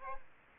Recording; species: mosquito wingbeat signal from an infrared sensor; Aedes aegypti